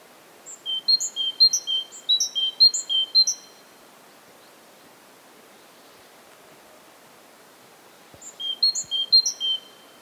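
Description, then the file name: Great tit song: a burst of high, clipped notes alternating between pitches for about three seconds, silence, then another burst near the end, over a soft hiss. "Parus major"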